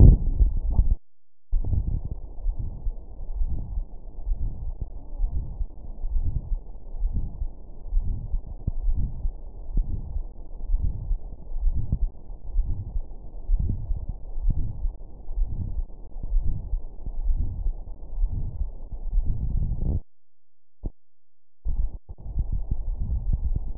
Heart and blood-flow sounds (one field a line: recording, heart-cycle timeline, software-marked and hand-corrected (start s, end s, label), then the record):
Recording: heart sounds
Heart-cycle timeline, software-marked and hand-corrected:
0.00	0.02	systole
0.02	0.18	S2
0.18	0.70	diastole
0.70	0.86	S1
0.86	0.88	systole
0.88	0.98	S2
0.98	1.54	diastole
1.54	1.66	S1
1.66	1.74	systole
1.74	1.86	S2
1.86	2.46	diastole
2.46	2.56	S1
2.56	2.64	systole
2.64	2.74	S2
2.74	3.36	diastole
3.36	3.48	S1
3.48	3.58	systole
3.58	3.66	S2
3.66	4.28	diastole
4.28	4.38	S1
4.38	4.44	systole
4.44	4.54	S2
4.54	5.18	diastole
5.18	5.30	S1
5.30	5.38	systole
5.38	5.48	S2
5.48	6.10	diastole
6.10	6.24	S1
6.24	6.32	systole
6.32	6.42	S2
6.42	7.00	diastole
7.00	7.12	S1
7.12	7.16	systole
7.16	7.26	S2
7.26	7.92	diastole
7.92	8.04	S1
8.04	8.10	systole
8.10	8.20	S2
8.20	8.82	diastole
8.82	8.94	S1
8.94	9.00	systole
9.00	9.10	S2
9.10	9.74	diastole
9.74	9.84	S1
9.84	9.90	systole
9.90	10.00	S2
10.00	10.68	diastole
10.68	10.78	S1
10.78	10.82	systole
10.82	10.94	S2
10.94	11.60	diastole
11.60	11.74	S1
11.74	11.78	systole
11.78	11.88	S2
11.88	12.54	diastole
12.54	12.66	S1
12.66	12.76	systole
12.76	12.86	S2
12.86	13.50	diastole
13.50	13.64	S1
13.64	13.70	systole
13.70	13.80	S2
13.80	14.42	diastole
14.42	14.54	S1
14.54	14.58	systole
14.58	14.70	S2
14.70	15.38	diastole
15.38	15.50	S1
15.50	15.58	systole
15.58	15.68	S2
15.68	16.32	diastole
16.32	16.44	S1
16.44	16.48	systole
16.48	16.58	S2
16.58	17.24	diastole
17.24	17.38	S1
17.38	17.46	systole
17.46	17.56	S2
17.56	18.18	diastole
18.18	18.30	S1
18.30	18.36	systole
18.36	18.48	S2
18.48	19.12	diastole
19.12	19.24	S1
19.24	19.26	systole
19.26	19.36	S2
19.36	19.86	diastole
19.86	20.00	S1
20.00	20.08	systole
20.08	20.16	S2
20.16	20.78	diastole
20.78	20.86	S1
20.86	20.94	systole
20.94	21.02	S2
21.02	21.66	diastole
21.66	21.76	S1
21.76	21.80	systole
21.80	21.88	S2
21.88	22.38	diastole
22.38	22.48	S1
22.48	22.54	systole
22.54	22.64	S2
22.64	23.26	diastole
23.26	23.40	S1
23.40	23.44	systole
23.44	23.60	S2
23.60	23.78	diastole
From the record:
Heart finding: coronary artery disease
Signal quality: good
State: rest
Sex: male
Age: 62 years